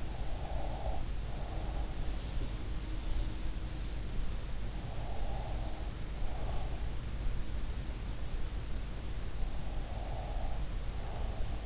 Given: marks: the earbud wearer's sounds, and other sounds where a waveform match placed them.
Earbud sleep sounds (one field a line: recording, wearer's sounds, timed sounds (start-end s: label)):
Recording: sounds in sleep by an in-ear microphone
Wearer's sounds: breath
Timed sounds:
0.00-2.08 s: breath
4.72-6.85 s: breath
9.65-11.65 s: breath